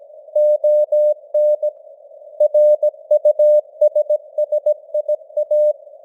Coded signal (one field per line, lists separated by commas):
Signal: Morse code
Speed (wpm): 17 wpm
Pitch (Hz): 600 Hz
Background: none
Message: ON RUSSIA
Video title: Morse Code News | 2025-10-19 | 17wpm